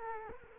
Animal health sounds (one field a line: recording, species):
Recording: mosquito wingbeat signal from an infrared sensor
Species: Culex quinquefasciatus